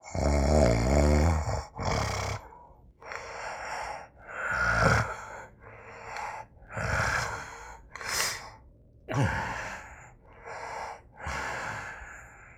Male snore.